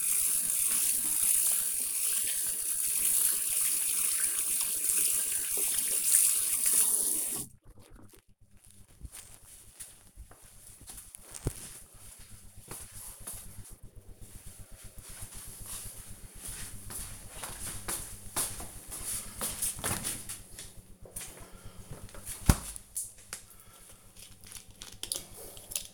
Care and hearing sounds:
household activities, microphone on the right wrist
0.00-8.36 s: washing hands
20.40-25.94 s: drinking

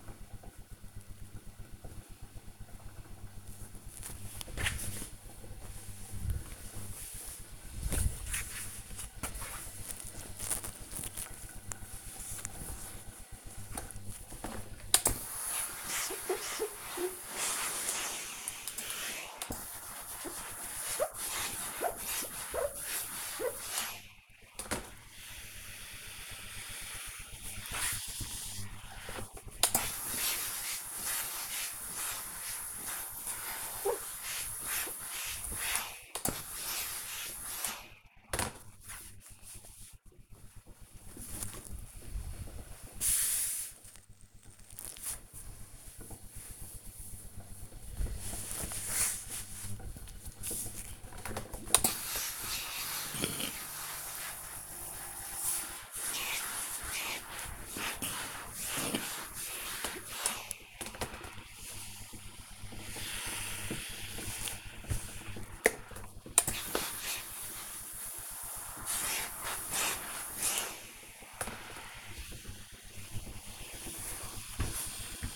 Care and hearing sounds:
household activities, microphone on the right wrist
49.97-75.36 s: ironing laundry

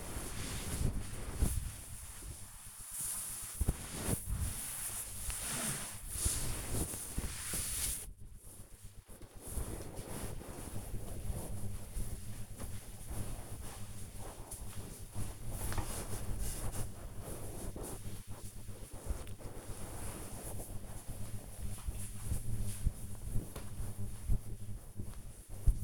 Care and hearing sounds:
household activities, microphone on the right wrist
0.00-8.33 s: cleaning table

